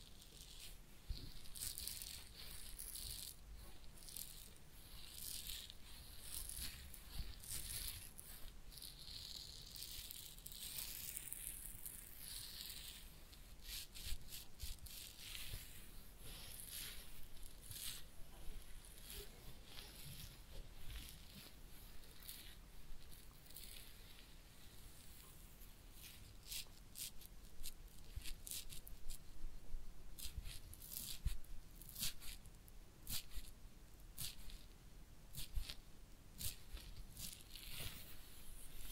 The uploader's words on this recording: ASMR Real Head Massage and Ear Cleaning (No Talking).